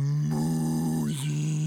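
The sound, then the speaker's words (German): A cow's moo: a single long, low, droning call held steadily with a brief dip and wobble near the end before it carries on, fairly loud and heard alone. “Die gefräßige Kuh kann es nicht unterlassen, auch etwas dazu zu sagen, als sie plötzlich Musik hörte.”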